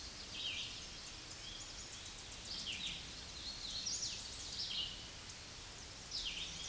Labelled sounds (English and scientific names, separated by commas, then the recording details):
Red-eyed Vireo (Vireo olivaceus) song
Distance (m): 15 m
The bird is about 10 m above the microphone
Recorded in a Pennsylvania forest on 16 May 2024 at 07:16
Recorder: AudioMoth, point MSD-0079
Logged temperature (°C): 16.1 °C
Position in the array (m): 165 m, 70 m